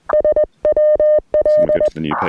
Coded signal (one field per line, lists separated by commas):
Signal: Morse code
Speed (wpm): 20 wpm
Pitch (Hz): 610 Hz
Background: none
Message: SWL